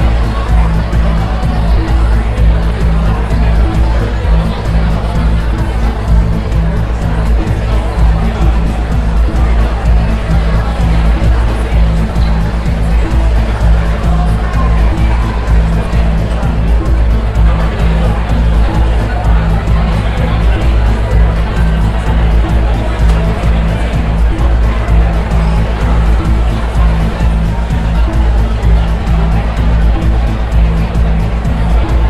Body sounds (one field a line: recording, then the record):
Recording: background sound without coughing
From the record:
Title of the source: Party Noise 1 Hour Party Ambience